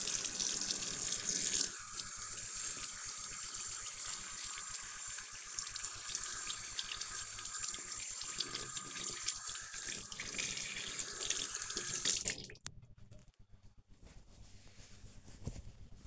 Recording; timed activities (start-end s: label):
household activities, microphone on the right wrist
0.00-13.86 s: washing hands